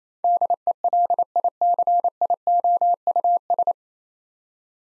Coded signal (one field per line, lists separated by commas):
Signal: Morse code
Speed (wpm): 28 wpm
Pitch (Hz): 700 Hz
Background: none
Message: DELICIOUS